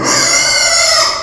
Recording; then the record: squeal of a Yucatan mini pig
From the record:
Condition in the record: before surgery on the right vocal fold (resection and tissue-engineered implant); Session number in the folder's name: 1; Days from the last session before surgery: -3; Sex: male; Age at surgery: 12 weeks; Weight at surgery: 13 kg